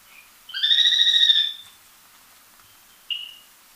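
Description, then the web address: Spillmann's tapaculo song: a single fast trill of about a second, followed after a pause by one short sharp note. Ecuador. "Birds of Ecuador Spillmann's Tapaculo"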